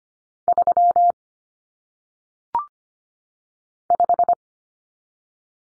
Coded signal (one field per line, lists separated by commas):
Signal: Morse code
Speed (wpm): 25 wpm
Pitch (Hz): 700 Hz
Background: none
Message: 3 5